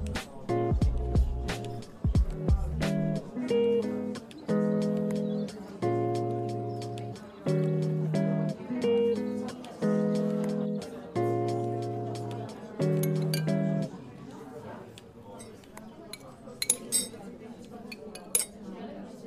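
Coffee shop ambience with a tune of steady, sustained chords playing over a low murmur of chatter for the first fourteen seconds. The music then drops away, leaving softer talk, and a few bright clinks of cups or glass sound near the end.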